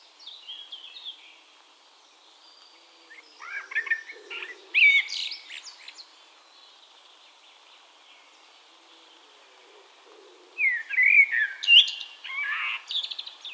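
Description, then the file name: Eurasian blackbird singing two separated phrases, each a fluted whistle running into a thin high twitter, with quiet background birds between. "Turdus merula"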